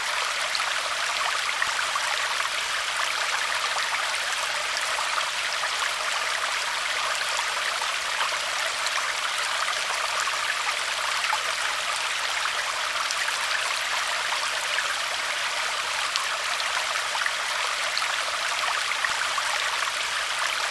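A trickling stream runs steadily for the whole stretch, a dense, even hiss of water with fine splashy detail. The sound sits bright and airy with little low rumble, and it holds the same level throughout with no distinct events or other sounds.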